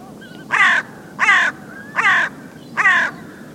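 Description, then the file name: Carrion crow calls: four harsh, hoarse caws, each about a quarter second long, evenly spaced roughly every three-quarters of a second over faint background hiss. "Corvus corone"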